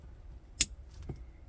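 A blue plastic car radio wiring harness connector is pushed into its matching blue harness plug behind a CarPlay head unit being installed in a 2002–2006 Honda CR-V. A sharp click at 0.6 s shows the connector snapping in, followed by two faint ticks near 1.0 and 1.1 s. The connector is seated.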